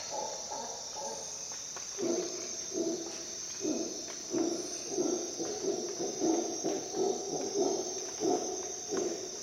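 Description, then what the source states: Howler monkey howling, deep pulsed roars strengthening after two seconds and repeating steadily, over a steady high insect drone. Recorded at dawn in the jungle of Costa Rica during an expedition.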